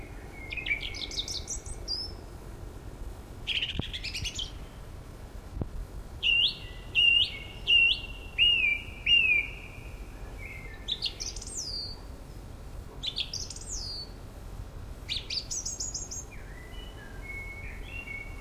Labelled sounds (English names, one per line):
Song Thrush song